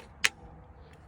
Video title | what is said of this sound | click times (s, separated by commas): 2001-2008 Volvo S60/V70 steering wheel control replacement tutorial. | uh just line up the little sliders and then you'll hear a click | 0.2 s